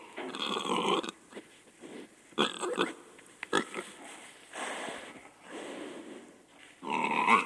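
Domestic pig grunting in short, rasping bursts mixed with snuffling and a few sharp clicks, ending in a louder grunt.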